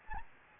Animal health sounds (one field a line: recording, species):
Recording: mosquito wingbeat signal from an infrared sensor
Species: Anopheles gambiae